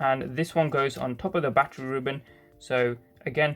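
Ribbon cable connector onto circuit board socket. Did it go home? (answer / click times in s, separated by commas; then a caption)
no / none. A flex ribbon cable that sits over the battery ribbon is being handled and lined up to press onto its circuit board connector inside a device. Someone talks throughout, with quiet gaps between phrases. Nothing has seated or clicked yet.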